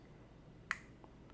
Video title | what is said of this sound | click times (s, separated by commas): PS5 Controller Cleaning Walkthrough: Do It Yourself | you can just press this back up and you'll hear a small click and then you know it's in place | 0.7 s